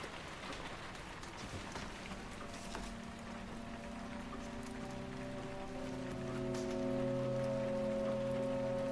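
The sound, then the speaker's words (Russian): Steady rain patters down in a courtyard where nurses hurry about, a dense, hissing wash, with a low sustained hum of tones rising beneath it and swelling slightly louder toward the end. “смотрит, как во дворе под дождем снуют медсестры.”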